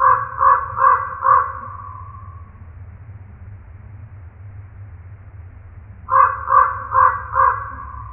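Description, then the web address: Common Raven giving two bursts of four deep, resonant croaks about half a second apart, separated by a quiet gap with low rumbling background noise. Recorded 4 January 2007. "Common Raven 2007 01 04"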